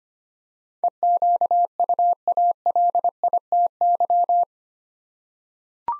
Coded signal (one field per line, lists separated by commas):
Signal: Morse code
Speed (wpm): 25 wpm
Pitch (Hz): 700 Hz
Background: none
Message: EQUALITY